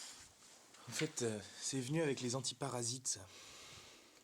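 A suppressor spark plug cap is handled next to the terminal of a lawnmower spark plug, ready to be clipped onto it, while someone talks. Only speech is heard over a quiet background, and nothing has seated or clicked yet.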